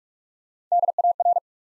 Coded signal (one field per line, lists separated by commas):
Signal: Morse code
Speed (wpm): 44 wpm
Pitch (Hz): 700 Hz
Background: none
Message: DAR